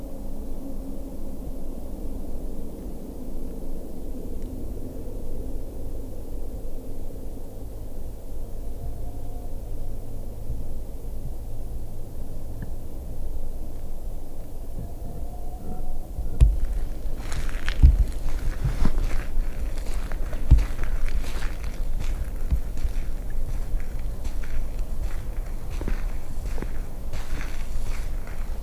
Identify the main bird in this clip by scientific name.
Aegolius funereus